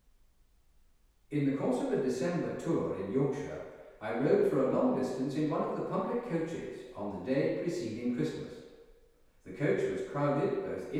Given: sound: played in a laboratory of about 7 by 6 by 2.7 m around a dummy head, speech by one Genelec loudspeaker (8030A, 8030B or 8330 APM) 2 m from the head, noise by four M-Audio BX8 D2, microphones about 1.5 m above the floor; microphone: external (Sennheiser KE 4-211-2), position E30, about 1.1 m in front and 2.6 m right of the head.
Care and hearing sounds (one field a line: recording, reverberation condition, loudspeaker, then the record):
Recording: male speech in English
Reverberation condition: high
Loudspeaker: 150 degrees to the left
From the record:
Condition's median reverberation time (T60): about 1300 ms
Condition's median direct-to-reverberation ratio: about -4.0 dB